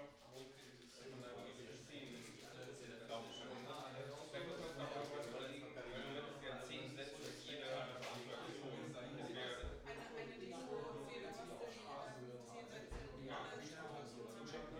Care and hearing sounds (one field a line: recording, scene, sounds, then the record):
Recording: everyday scene through a hearing-aid microphone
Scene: many people talking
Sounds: many voices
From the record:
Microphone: in the ear canal, right